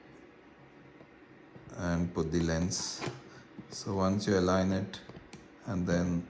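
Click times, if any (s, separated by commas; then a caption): none. An interchangeable lens is held up to a DSLR camera body mount, with the alignment dot on the lens lined up with the dot on the body before inserting and rotating it. Someone talks over quiet handling sounds. The lens has not seated or clicked yet.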